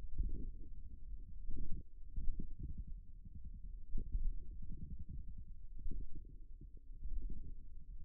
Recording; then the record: forearm muscle sounds (acoustic myography)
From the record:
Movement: finger pinch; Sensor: system 1, eight BSWA MPA416 microphones around the upper forearm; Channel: 8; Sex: male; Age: 41 years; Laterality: right